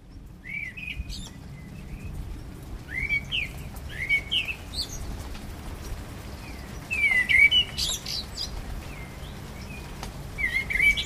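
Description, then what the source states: Common blackbird song, a series of low whistled, slurred phrases with high scratchy endings, spaced a couple of seconds apart, against a steady low rumble. Recorded 12 April 2010.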